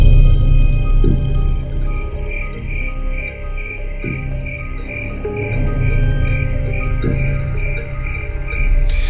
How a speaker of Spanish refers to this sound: El canto de mis grillos en este pálpito de radio.